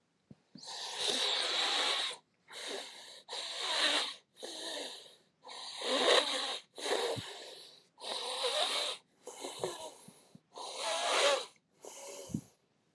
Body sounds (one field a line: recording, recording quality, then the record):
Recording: shallow breathing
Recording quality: excellent, no background noise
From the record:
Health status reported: healthy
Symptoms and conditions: none ticked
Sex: male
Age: 50 years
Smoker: not ticked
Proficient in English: yes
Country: United States